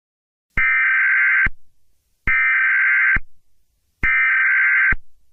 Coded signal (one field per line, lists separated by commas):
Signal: Emergency Alert System (SAME) tones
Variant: header bursts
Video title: EAS scenario 20: revolta do indonesia